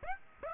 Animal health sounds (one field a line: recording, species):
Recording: mosquito wingbeat signal from an infrared sensor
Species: Aedes aegypti